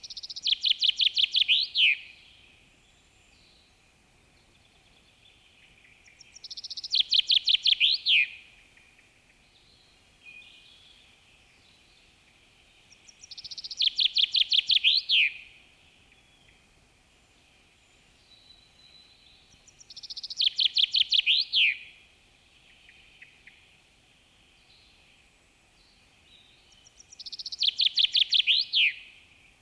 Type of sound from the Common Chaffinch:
song